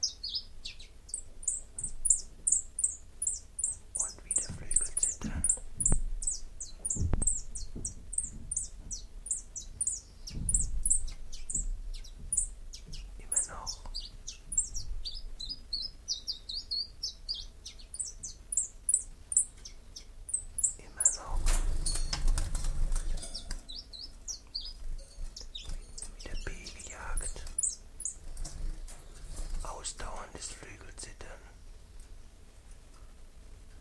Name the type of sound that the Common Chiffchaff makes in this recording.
song